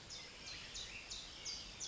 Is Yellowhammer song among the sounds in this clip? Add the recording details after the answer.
no. Another species is heard